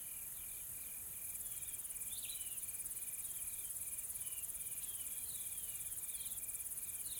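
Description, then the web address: Insect chorus of high steady hissing with a rapid pulsed trill, over which short downslurred chirps sound several times. Soft, calm insect ambience from a tropical forest in South Africa. "Sonniss com - GDC 2020-Game Audio Bundle Smart Sound FX - Nature South Africa AMBIENCE Additional Tropical Forest Soft Insects Calm"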